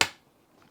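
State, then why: Seated. A draw latch on a Pelican ATX22 hard plastic rolling travel case is pressed closed against its positive pressure and snaps shut with one sharp, bright click at 0.0 s. The click fades out over about 0.2 s, followed by faint, quiet rustling near 0.6–0.7 s. The latch is seated and locked closed.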